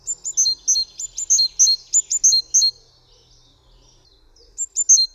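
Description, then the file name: Great tit song: bright, high paired notes repeated rapidly for nearly three seconds, a pause, then the phrase starts again near the end. "Sikora bogatka"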